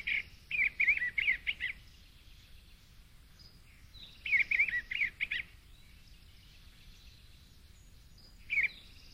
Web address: Eastern Bluebird